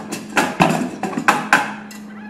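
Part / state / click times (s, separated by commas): measurement accessory into spectrophotometer sample compartment / not seated / none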